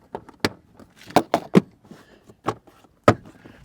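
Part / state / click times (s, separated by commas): floor mat retention snap onto factory floor post / seated / 0.4 s, 1.2 s, 1.3 s, 3.1 s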